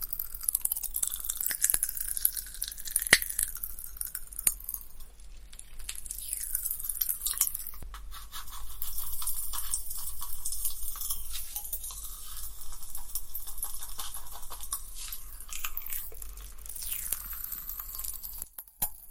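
Popping candy being eaten, with a dense, steady fizz of tiny crackles and pops running through the whole 19 seconds. Sharper snaps stand out every so often, around 3 and 8 seconds and near the end, over soft wet mouth sounds and a low hum.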